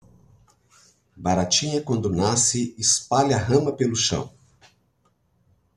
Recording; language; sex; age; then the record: short text; Brazilian Portuguese; male; 50 to 59 years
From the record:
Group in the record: control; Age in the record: 50 years